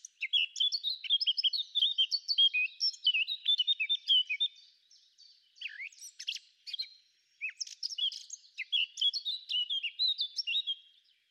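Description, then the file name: Eurasian blackcap song: continuous fast warbling with scratchy and whistled notes, brief gaps with lower slurred calls near six and seven seconds, then more rapid chatter. "Sylvia atricapilla"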